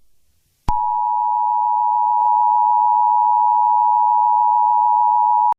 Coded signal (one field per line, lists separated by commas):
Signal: Emergency Alert System (SAME) tones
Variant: 853 and 960 Hz attention tone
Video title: I React To EAS Alarms